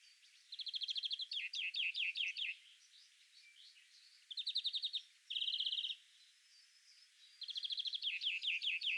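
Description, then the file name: European greenfinch song: bursts of fast, high ringing trills and rattling notes, in phrases of about a second with short pauses between them. "Chloris chloris"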